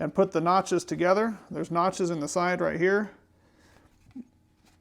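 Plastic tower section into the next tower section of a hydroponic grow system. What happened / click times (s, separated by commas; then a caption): Plastic tower sections lined up, no lock yet / none. Someone talks while plastic tower sections of a LnzyGarden hydroponic grow system are held and lined up at the notches in their sides, ready to be pushed into the next section. After the talking stops around 3.1 seconds, only a faint, brief handling noise is heard near 4.1 seconds. Nothing has seated or clicked yet.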